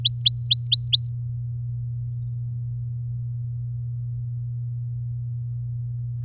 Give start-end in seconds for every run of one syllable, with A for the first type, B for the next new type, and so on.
0.05-1.09 A